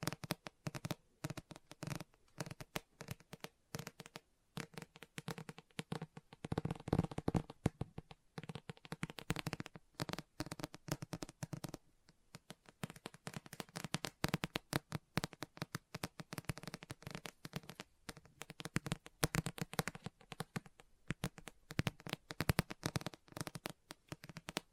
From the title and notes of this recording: Book Tapping, Scratching, Page Turning.